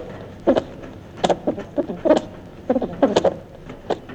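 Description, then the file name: Edible dormouse chattering: clusters of short, harsh, clicking squeaks in irregular bursts, over faint background hiss. Wild animal in Europe. "Siebenschlaefer Geraeusche Wildtiere in Europa"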